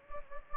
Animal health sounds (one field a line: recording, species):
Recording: mosquito wingbeat signal from an infrared sensor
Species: Anopheles gambiae